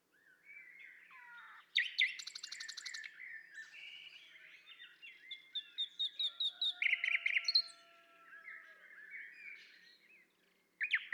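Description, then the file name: Common nightingale song, varied phrases with a fast rattling trill, then a run of loud repeated notes and softer phrases. "Luscinia megarhynchos"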